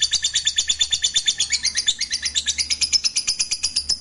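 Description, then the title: Lovebird song, fast high chattering with buzzy squeaks in quick regular pulses. "Suara Lovebird Ini"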